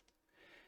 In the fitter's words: and then the thing snaps into place and there they are